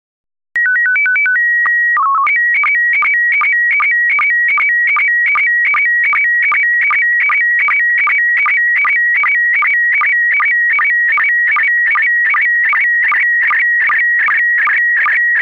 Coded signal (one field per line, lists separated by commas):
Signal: SSTV (slow-scan television)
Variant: PD 50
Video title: Slow Scan Radio, Ep. 12, October 24, 2018